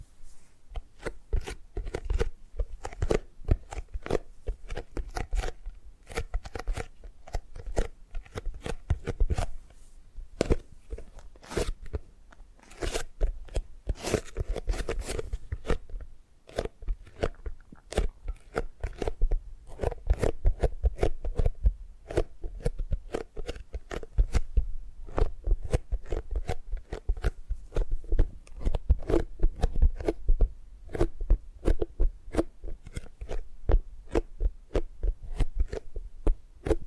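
Tapping and gripping sounds: quick, sharp taps and crisp crunchy rustles come in dense, irregular bursts for the whole stretch. The pace shifts between rapid flurries and brief sparser moments, around 10 and 16 seconds, over a faint low hum.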